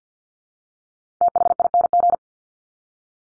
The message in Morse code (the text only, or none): THING